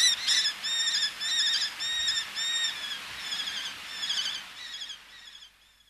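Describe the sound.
Eleonora's falcon giving a run of nasal, ringing notes, irregularly spaced, growing fainter and fading out near the end.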